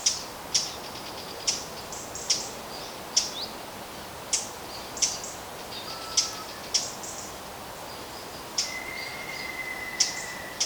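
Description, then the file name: Eurasian blackcap giving sharp, hard tack calls at irregular intervals over steady background hiss. "Sylvia atricapilla"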